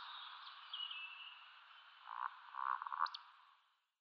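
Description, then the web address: Eurasian woodcock display calls, faint: soft low croaks building near the end and ending in a brief high squeak, over a hissy background. Male in display flight. "Schulze Peter Eurasian Woodcock male displayflight"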